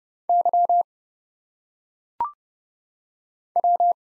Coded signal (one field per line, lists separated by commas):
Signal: Morse code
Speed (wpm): 30 wpm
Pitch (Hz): 700 Hz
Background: none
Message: Y W